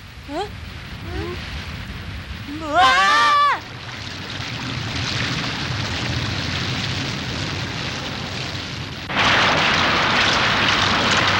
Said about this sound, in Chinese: 这里本来不是没有海的吗？ 大海啸啊！